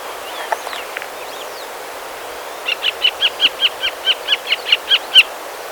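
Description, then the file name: Western marsh harrier calling, a fast series of about fourteen sharp, high yelping notes after a quiet start with a few faint thin calls. "barna retiheja hangja"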